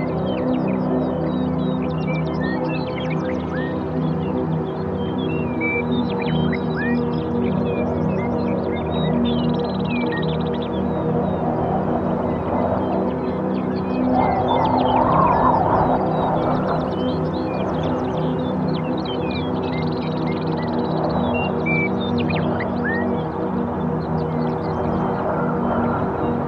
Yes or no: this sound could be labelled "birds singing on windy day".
yes